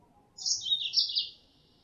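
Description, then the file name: Mozambique canary producing one high, fast twittering phrase of linked chirps lasting about a second. Female; lure sound. "suara pancingan mozambik betina"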